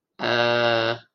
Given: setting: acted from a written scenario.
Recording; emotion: vocal sound without words; confusion